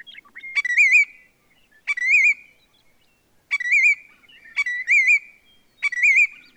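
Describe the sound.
Willet calls, loud ringing notes with a wavering, rolling quality, given in bursts roughly every second or so; the background is otherwise quiet.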